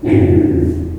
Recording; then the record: squeal of a Yucatan mini pig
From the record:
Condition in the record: before surgery on the right vocal fold (resection and tissue-engineered implant); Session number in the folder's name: 1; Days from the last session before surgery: -21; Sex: female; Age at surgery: 19 weeks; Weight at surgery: 25 kg